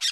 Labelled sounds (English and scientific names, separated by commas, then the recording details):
Brown-throated Parakeet (Eupsittula pertinax) contact call
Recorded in Bonaire
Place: 1 km N of power plant, rd to Republiek
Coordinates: 12.184, -68.285